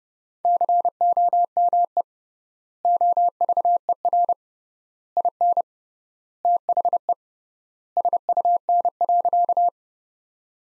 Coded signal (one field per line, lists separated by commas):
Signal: Morse code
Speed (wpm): 30 wpm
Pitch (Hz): 700 Hz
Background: none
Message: COME OVER IN THE SUN.